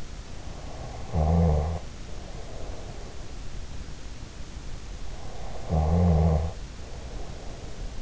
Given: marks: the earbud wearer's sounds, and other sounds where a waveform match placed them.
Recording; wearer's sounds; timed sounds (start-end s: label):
sounds in sleep by an in-ear microphone; snoring breath
0.65-3.11 s: snoring breath
5.10-8.02 s: snoring breath